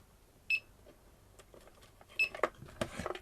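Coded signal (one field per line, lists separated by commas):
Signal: beep code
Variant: YMFC flight controller buzzer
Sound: two short high-pitched buzzer beeps separated by handling clicks and knocks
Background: handling clicks, small room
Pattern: 2 short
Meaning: No signal is being received from the transmitter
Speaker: Right. So this beep now means that there's no transmitter signal.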